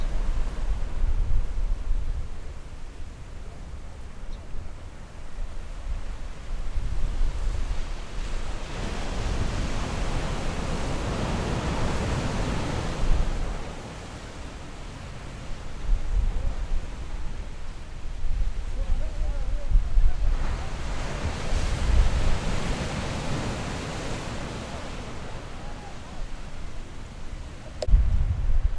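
Ocean waves roll slowly onto the shore, with two broad surges swelling and fading around ten and twenty-two seconds. Between them the surf settles into a steady hiss over a low wind rumble, and a brief knock sounds near the end.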